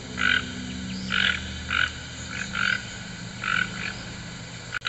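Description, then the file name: Toucan calling with several raspy croaks at uneven intervals over a low background rumble, ending with a sharp click. "Canto do Tucano"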